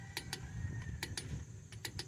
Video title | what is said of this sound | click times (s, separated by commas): Ford E350 van front wheel bearing brake pads & rotors replacement | hopefully the camera can hear the click the click on the torque wrench i | 0.2 s, 0.3 s, 1.0 s, 1.2 s, 1.9 s, 2.0 s